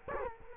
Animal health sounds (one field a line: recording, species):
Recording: mosquito wingbeat signal from an infrared sensor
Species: Culex quinquefasciatus